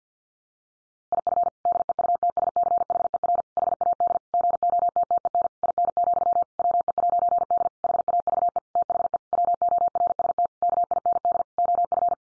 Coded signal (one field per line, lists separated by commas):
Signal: Morse code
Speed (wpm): 49 wpm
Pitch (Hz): 700 Hz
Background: none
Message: IF DEUTSCHER HAD GOTTEN IN, WE'D HAVE THE WORST KIND OF